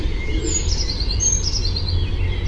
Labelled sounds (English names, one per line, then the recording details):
Eurasian Blue Tit
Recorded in Germany
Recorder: ecoPi